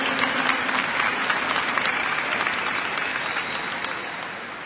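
A crowd claps steadily, a dense wash of many hands that stays loud at first and then tapers off gradually toward the end, with no one speaking over it.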